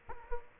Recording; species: mosquito wingbeat signal from an infrared sensor; Culex quinquefasciatus